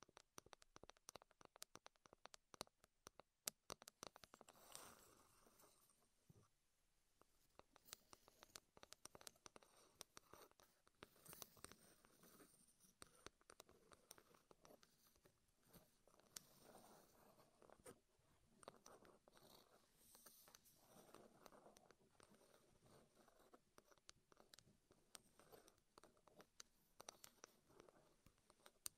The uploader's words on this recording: ASMR Wood Triggers in Your Ears (No Talking).